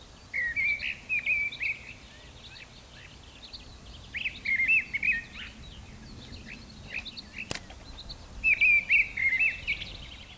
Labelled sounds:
Mistle Thrush (Turdus viscivorus) song
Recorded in the wild
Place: Montreux, Kanton Waadt, CH
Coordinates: 46.4586, 6.94
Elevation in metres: 1158
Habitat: mountains
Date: 1986-05-22
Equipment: Uher 4000 Report, Sennheiser MKH 815 T
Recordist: Tretzel, Erwin

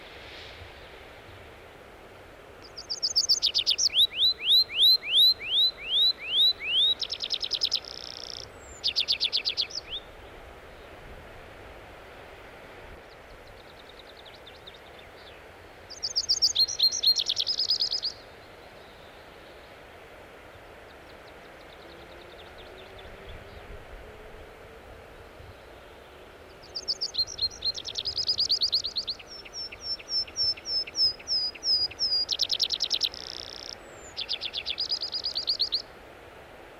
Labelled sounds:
Tree Pipit (Anthus trivialis) song
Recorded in the wild
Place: Bruchberg, Niedersachsen, DE
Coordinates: 51.78, 10.52
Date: 1986-06-15
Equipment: Sony WM-D6C, Parabolscheibe
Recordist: Skiba, Reinald

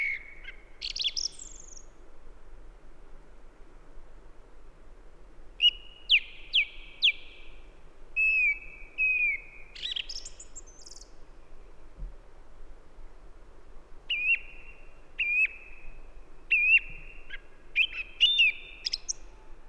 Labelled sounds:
Song Thrush (Turdus philomelos) song
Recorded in the wild
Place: Halbinsel Kindo, Karelien, RU
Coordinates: 66.55, 33.1
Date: 1998-06-22
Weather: clear, 8°C, weak easterly winds
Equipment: Aiwa HD-S1, Telinga Pro 5
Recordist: Frommolt, Karl-Heinz

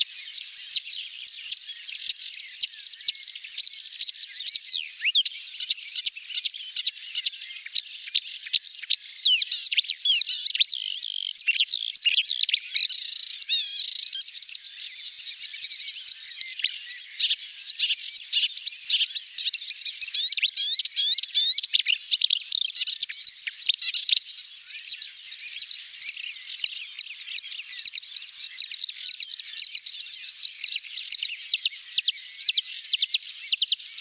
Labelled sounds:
Marsh Warbler (Acrocephalus palustris) song
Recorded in the wild
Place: Balaton / Hubertuspark, HU
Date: 1990-06-01
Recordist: Schwarz, Dieter

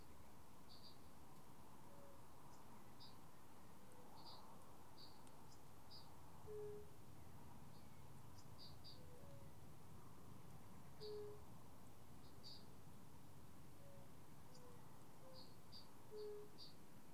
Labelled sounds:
Fire-Bellied Toad (Bombina bombina) call
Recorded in the wild
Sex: male
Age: adult
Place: Bernau bei Berlin, Barnim, Brandenburg, DE
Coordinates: 52.6638, 13.618
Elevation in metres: 82
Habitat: pond
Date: 2019-04-30 20:17
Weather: 15°C, clear, almost windless, water 17°C
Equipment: Zoom H4nSP
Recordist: Frommolt, Karl-Heinz

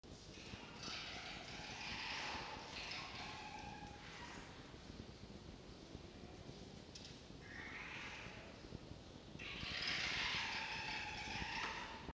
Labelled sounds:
Red Fox (Vulpes vulpes)
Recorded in captivity
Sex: male
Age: adult
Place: Zoologisches Institut der HUB, Berlin, DE
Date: 1952-11-20 12:58
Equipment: Elmetra
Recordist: Tembrock, Günter
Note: Castors Rückkehr ins Fuchszimmer: Fritz (7a): Knätschen

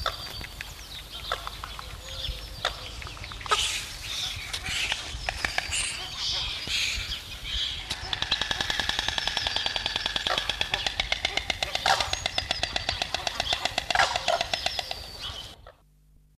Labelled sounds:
Blue Crane (Grus paradisea) call, White Stork (Ciconia ciconia)
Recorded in captivity
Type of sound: call
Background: Ciconia ciconia
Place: Zoo Osnabrück, DE
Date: 1977-03-14
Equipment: Halbspur, 9,5 cm/s
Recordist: Lütgens, Hans
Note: Zoo Osnabrück

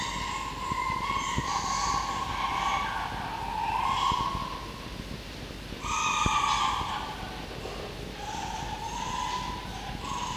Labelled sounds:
Red Fox (Vulpes vulpes)
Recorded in captivity
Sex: male
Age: diverse
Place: Zoologisches Institut der HUB, Berlin, DE
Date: 1952-07-26
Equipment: Elmetra
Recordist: Tembrock, Günter
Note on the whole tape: Spiel Jupp und Toni. Jupp: offenes Knurren; Welpe Toni: Schmerzschreie (gute Aufnahmequalität!!!), Schmerzwinseln. Dann Toni mit "ri-ri-ri" und Winseln (läuft Jupp hinterher)

